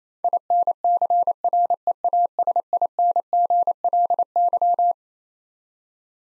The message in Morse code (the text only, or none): INCREASINGLY